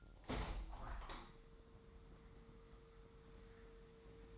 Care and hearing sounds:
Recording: daily activity, microphone in the room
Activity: open window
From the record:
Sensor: 3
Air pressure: 999.9 hPa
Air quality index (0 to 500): 223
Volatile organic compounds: 89 ppm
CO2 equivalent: 3679 ppm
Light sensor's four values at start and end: 9/22/9/9 and 10/23/10/9

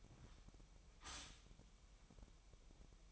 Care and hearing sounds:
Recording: daily activity, microphone in the room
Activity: stop toaster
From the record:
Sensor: 1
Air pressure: 1002.0 hPa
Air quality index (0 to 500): 240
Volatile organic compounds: 45 ppm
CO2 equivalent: 3221 ppm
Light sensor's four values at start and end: 10/34/12/14 and 10/34/12/14

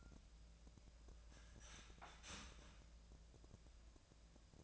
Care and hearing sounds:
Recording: daily activity, microphone in the room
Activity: start toaster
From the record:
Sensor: 2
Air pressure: 1000.0 hPa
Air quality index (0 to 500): 146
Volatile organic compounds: 2 ppm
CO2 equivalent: 1237 ppm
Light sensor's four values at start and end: 27/66/28/31 and 27/67/28/31

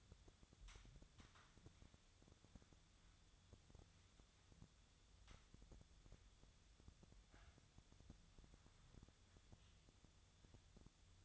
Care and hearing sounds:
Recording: daily activity, microphone in the room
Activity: wipe stove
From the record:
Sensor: 3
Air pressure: 1004.7 hPa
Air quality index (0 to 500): 75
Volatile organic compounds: 2 ppm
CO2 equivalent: 1127 ppm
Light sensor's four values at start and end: 8/19/8/7 and 8/19/8/7

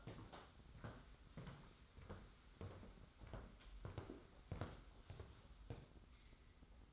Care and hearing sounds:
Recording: daily activity, microphone in the room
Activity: walk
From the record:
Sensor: 3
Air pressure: 991.6 hPa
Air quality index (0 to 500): 181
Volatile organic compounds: 1000 ppm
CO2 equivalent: 6042 ppm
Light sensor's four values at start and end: 38/111/45/39 and 35/97/39/35

